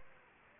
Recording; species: mosquito wingbeat signal from an infrared sensor; Aedes aegypti